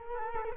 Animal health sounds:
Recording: mosquito wingbeat signal from an infrared sensor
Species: Culex quinquefasciatus

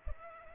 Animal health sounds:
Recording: mosquito wingbeat signal from an infrared sensor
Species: Culex pipiens

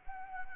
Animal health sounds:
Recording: mosquito wingbeat signal from an infrared sensor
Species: Anopheles arabiensis

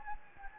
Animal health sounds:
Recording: mosquito wingbeat signal from an infrared sensor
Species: Anopheles gambiae

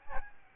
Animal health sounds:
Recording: mosquito wingbeat signal from an infrared sensor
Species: Aedes albopictus

